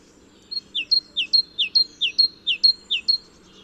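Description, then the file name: Great tit singing a steady run of seven or so two-note phrases, high then falling, with a soft background hum. "Parus major"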